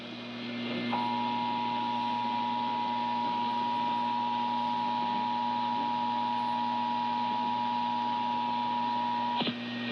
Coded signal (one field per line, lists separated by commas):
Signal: Emergency Alert System (SAME) tones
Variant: 853 and 960 Hz attention tone